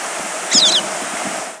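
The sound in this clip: Pine siskin call: a brief high thin twittering note, quickly falling, heard once over steady rushing background noise like wind or water.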